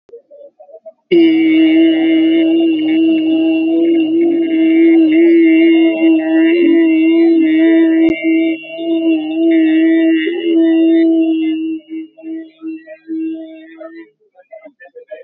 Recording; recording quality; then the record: sustained vowel as in made; moderate, slight background noise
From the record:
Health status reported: exposed to COVID-19, no respiratory illness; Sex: male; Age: 24 years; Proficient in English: yes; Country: India